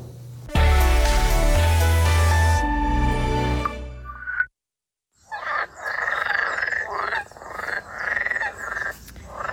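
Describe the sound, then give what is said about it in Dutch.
A short burst of music rings out and fades, then after a brief pause a dense chorus of green frogs croaks together in a sunny, marshy spot of a nature garden in Goudse Hout: many overlapping, pulsing calls, loud and continuous. “op de heemtuin in Goudse Hout waren de groene kikkers gezellig met elkaar aan het kwaken.”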